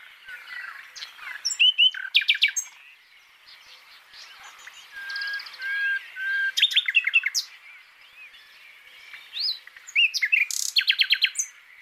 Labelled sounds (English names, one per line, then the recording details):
Common Nightingale song
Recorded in the wild
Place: Waltershofen / Freiburg im Breisgau, Baden-Württemberg, DE
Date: 2003-05-31
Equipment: MiniDisc Sharp MT 20 H, Sennheiser MKH 816
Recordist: Schwarz, Dieter